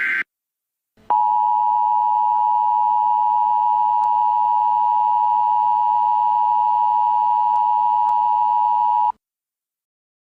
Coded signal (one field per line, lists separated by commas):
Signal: Emergency Alert System (SAME) tones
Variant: 853 and 960 Hz attention tone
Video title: An EAS scenario the object flags #2